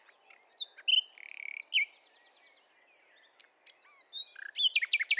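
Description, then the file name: Common nightingale song: a busy mix of whistles, buzzy trills and sharp notes, ending in a burst of loud, rapidly repeated high notes. "Luscinia megarhynchos"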